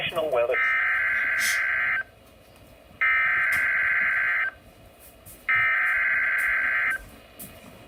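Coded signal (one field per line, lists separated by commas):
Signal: Emergency Alert System (SAME) tones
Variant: header bursts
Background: speech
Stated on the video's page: Severe thunderstorm warning.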